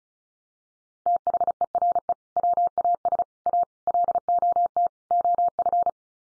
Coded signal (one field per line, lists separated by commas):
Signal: Morse code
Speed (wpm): 34 wpm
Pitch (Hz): 700 Hz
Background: none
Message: THERE WAS A LOT OF